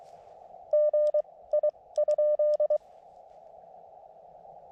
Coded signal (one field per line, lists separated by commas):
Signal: Morse code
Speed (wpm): 22 wpm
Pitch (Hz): 600 Hz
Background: none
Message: G I?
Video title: CW POTA/SOTA at Connecticut Hill Wildlife Management Area with the Elecraft KX2